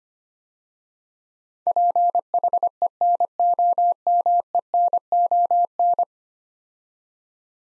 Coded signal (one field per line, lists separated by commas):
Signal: Morse code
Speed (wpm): 25 wpm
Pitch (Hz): 700 Hz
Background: none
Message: PHENOMENON